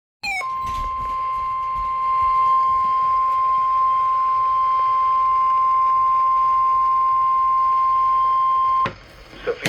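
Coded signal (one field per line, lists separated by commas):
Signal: Emergency Alert System (SAME) tones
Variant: 1050 Hz attention tone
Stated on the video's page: Severe thunderstorm watch EAS alert.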